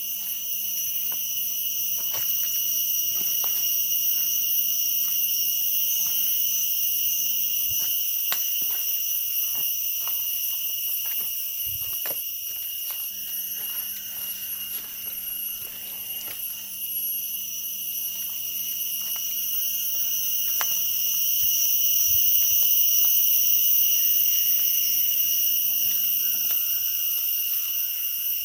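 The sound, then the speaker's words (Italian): Dense jungle ambience in southern Vietnam filled with steady, high-pitched insect buzzing in several overlapping layers, a low continuous hum underneath, and scattered faint clicks and chirps, with no one talking. “Si parte dalla giungla, la giungla del sud del Vietnam.”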